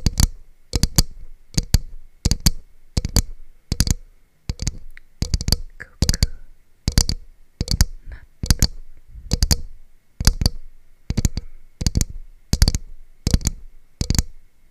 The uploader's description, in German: Tapping auf einer Kokosnuss